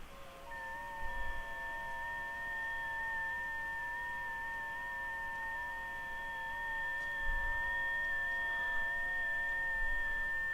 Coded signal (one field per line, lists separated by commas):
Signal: FT8